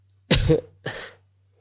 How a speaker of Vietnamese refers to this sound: Trường Xuân Đế Quân khẽ ho nói.